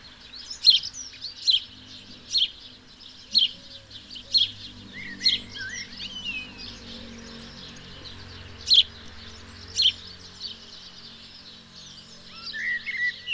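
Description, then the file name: House sparrow chirps, several sharp single notes, with intermittent whistled phrases from another bird in the background. "Passer domesticus"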